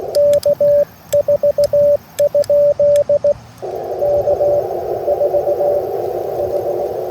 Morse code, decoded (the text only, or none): K4? K4H